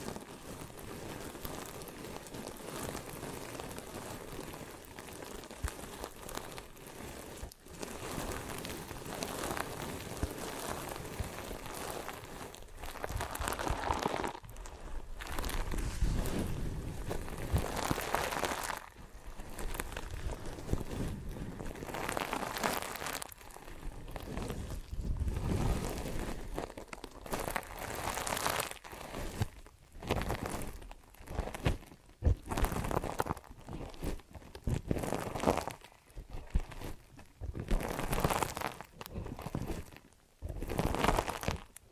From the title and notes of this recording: ASMR Ear & Scalp Massage and Cleaning Before Sleep (No Talking).